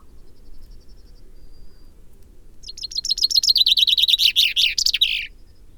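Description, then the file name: Common Chaffinch song, starting after a faint high thin note: a loud accelerating series of chirping notes that drops in pitch and ends with a flourish. "Fringilla coelebs"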